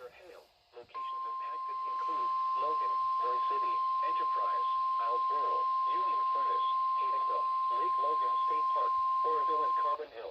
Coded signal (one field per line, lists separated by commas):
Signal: Emergency Alert System (SAME) tones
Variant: 1050 Hz attention tone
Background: speech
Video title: Severe Thunderstorm Warning on KIG86 (from PBZ) (EAS #76)